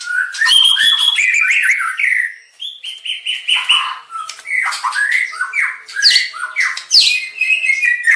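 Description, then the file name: White-rumped shama song, a rapid varied medley of whistles, harsh squawks and chattering notes, with a brief pause near two and a half seconds. Aceh variety of white-rumped shama, full song variation. "Suara Burung Murai Batu Aceh Variasi Lengkap"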